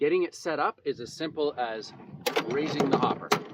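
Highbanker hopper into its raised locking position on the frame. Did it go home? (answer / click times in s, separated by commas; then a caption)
no / none. Someone talks while the hopper of a Utmost Adventurer highbanker is handled, being raised toward its raised locking position on the frame, with soft mechanical rattles under the voice. The clip ends before the hopper locks, so nothing has seated or clicked yet.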